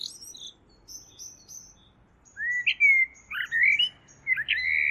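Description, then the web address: Bird song: faint high chirps at first, then a run of loud, slurred whistles that rise and fall in quick succession. "Deverinetal. Bird Only"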